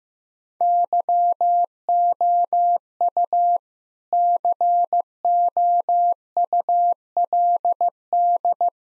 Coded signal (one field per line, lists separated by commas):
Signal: Morse code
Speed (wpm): 15 wpm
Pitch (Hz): 700 Hz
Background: none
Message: YOU COULD